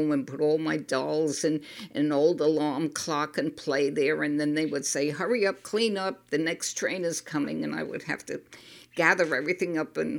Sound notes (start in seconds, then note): none